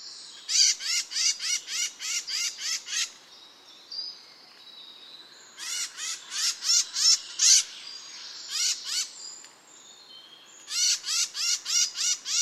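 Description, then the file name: Eurasian blackcap calls: rapid bursts of sharp, ticking notes, each burst of several clicks, separated by short pauses, with faint thin whistles in the gaps. "Sylvia atricapilla"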